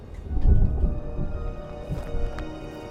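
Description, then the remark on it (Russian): A deep, rolling rumble of thunder from a thunderstorm swells in the first second, then settles into a lower, uneven growl with a few faint crackles and taps, with no voices. “Похоже, будет гроза”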